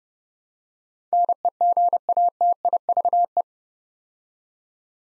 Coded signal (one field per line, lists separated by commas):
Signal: Morse code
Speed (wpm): 30 wpm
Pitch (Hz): 700 Hz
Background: none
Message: NEGATIVE